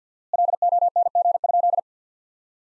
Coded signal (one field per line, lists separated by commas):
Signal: Morse code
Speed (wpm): 50 wpm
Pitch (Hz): 700 Hz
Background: none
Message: LONG?